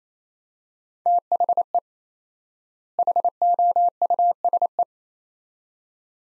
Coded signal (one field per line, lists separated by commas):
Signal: Morse code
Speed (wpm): 28 wpm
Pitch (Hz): 700 Hz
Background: none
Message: THE HOUSE